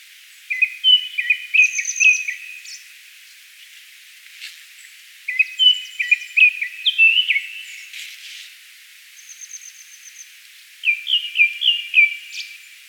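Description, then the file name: Japanese thrush singing three separate phrases of rapid, repeated whistled notes. "Turdus cardis"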